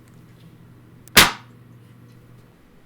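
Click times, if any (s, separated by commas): 1.2 s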